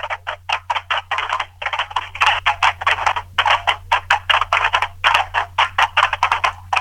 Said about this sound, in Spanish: así que pueden escuchar aquí, no sé si pueden escuchar los cajones peruanos que están sonando. A ver.